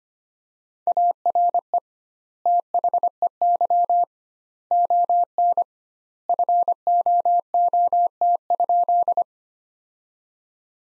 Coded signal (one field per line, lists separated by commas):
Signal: Morse code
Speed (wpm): 25 wpm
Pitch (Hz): 700 Hz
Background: none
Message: ARE THEY ON FOOT?